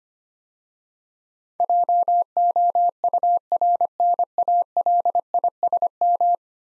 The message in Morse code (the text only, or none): JOURNALISM